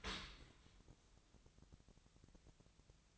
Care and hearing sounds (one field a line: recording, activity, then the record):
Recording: daily activity, microphone in the room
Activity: open dishwasher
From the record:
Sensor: 3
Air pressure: 1003.1 hPa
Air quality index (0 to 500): 198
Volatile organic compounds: 6 ppm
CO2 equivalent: 1929 ppm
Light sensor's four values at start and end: 35/88/38/41 and 35/87/38/41